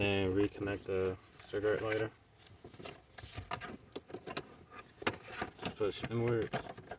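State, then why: Not seated. Someone talks while handling the plastic wiring connector for the cigarette lighter in a Toyota during a gear shift light harness replacement, pushing it inward toward the lighter socket. Short, faint handling taps and rustles are heard between the words. The connector has not seated or clicked yet.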